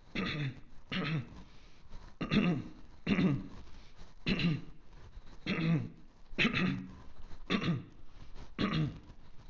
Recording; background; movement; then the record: throat clearing; quiet; walking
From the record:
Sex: male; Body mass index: 22.0 kg/m2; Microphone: on the chest, facing outward